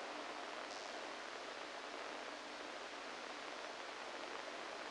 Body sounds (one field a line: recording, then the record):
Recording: brain microelectrode recording played as sound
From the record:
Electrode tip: inside the subthalamic nucleus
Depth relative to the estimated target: 1 mm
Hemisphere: right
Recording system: NeuroSet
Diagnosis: Parkinson's disease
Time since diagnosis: 14 years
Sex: male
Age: 51 years